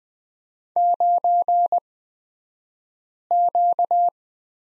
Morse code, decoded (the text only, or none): 9Q